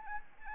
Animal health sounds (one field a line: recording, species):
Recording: mosquito wingbeat signal from an infrared sensor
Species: Anopheles arabiensis